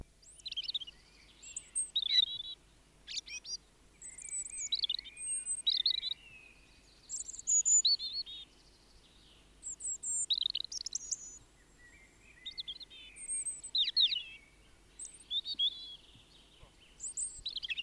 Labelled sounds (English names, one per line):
European Robin song